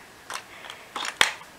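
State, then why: Seated. The plastic operator seat of a Bruder JCB toy backhoe is turned around in the cab, making soft plastic scrapes and ticks at about 0.3, 0.7 and 1.0 seconds. At 1.2 seconds it snaps into its detent position with one sharp, bright click, and a faint tick follows near the end. The seat is seated in place.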